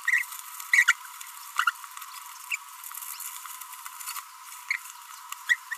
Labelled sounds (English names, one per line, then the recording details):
Green-rumped Parrotlet babbling
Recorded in a nest box in Venezuela
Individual 18B25A4